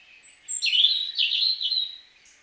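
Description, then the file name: European robin song, a single bright, high-pitched phrase of quick tumbling whistles and trills lasting about a second and a half. "Erithacus rubecula"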